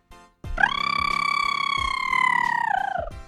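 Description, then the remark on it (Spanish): A single long, brassy elephant trumpet holds a steady high pitch for nearly three seconds, with a slight rise at the start and a sagging drop at the end. It is loud and stands alone. “El elefante barrita.”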